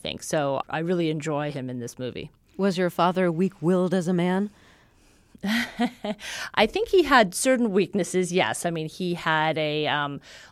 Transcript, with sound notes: so I really enjoy him in this movie.
Was your father weak-willed as a man?
(LAUGHTER)
I think he had certain weaknesses, yes. I mean, he had a